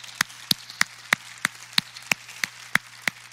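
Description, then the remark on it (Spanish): Steady, evenly paced clapping as applause for Jesus Christ: about ten sharp, crisp claps roughly a third of a second apart, moderately loud, with no voices over them. “Sí, claro, un aplauso a Él.”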